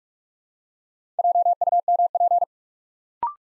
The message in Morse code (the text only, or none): JUMP